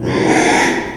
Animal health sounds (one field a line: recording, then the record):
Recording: squeal of a Yucatan mini pig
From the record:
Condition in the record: after surgery on the right vocal fold (resection and tissue-engineered implant)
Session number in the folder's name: 3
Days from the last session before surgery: 33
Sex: male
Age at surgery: 12 weeks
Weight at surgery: 13 kg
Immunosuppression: cyclosporine, prednisolone